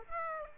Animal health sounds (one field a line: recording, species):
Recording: mosquito wingbeat signal from an infrared sensor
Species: Aedes aegypti